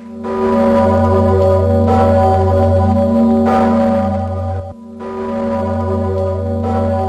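The huge 500-year-old Zygmunt cathedral bell in Kraków tolls slowly and loudly, each heavy clang swelling into a deep, droning hum that rings on between strikes, with a brief break before the tolling resumes.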